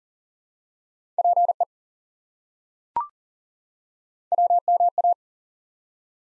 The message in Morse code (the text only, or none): PE WMA